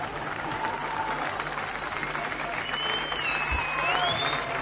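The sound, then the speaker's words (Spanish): An audience at a live rock concert, the second date of the Rock en Varadero festival, broadcast live on Mega 98.3, applauds steadily, dense clapping sustained at an even loudness throughout, with a few thin whistles rising above the noise and a low steady hum underneath. “Aplaude la gente.”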